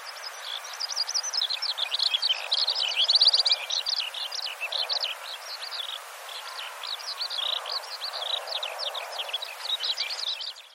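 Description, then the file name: Eurasian skylark song: a long, unbroken stream of fast, high twittering and warbling notes with quick trills, continuing for the whole stretch with faint natural background noise. "hibari"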